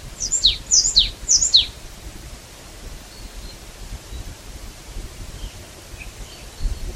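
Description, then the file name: Marsh tit giving three quick bursts of high, sharply descending paired notes within under two seconds, then quiet background hiss. "Poecile palustris"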